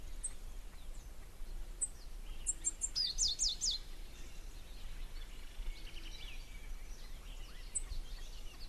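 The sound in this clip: White-winged brush finch calling: a quick burst of high, sharp descending notes around three seconds in, with faint scattered chirps and steady background hiss.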